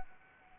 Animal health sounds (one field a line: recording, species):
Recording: mosquito wingbeat signal from an infrared sensor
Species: Anopheles arabiensis